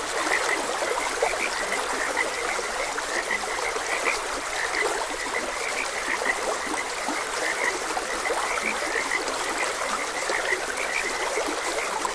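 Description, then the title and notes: Frogs in a steady chorus of short, bright croaks near the upper-middle range, repeated irregularly over constant rushing, trickling stream water. Frogs croaking beside a gentle stream. "Gentle Stream and Frogs Croaking. Sleep and Relaxation Podcast"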